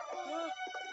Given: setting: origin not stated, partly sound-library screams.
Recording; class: one-second piece from a danger detection set; woman in danger